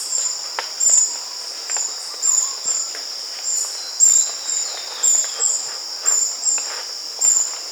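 Variable kingfisher giving short, sharp, very high-pitched notes at irregular intervals against a continuous shrill insect hum.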